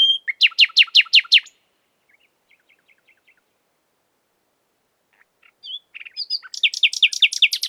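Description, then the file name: Common nightingale song: a fast series of loud repeated down-slurred notes, a pause with faint soft notes, then another rapid burst of repeated phrases. "Luscinia megarhynchos"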